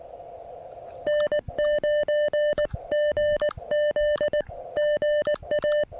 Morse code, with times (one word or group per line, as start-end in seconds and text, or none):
1.1-4.4 N9GZ
4.8-5.8 GA